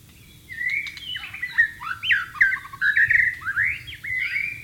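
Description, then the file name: White-rumped shama song: continuous varied warbling of whistled and slurred notes, rising and falling, in a lively stream. White-rumped shama (murai batu) in the wild. "suara burung murai batu di alam liar"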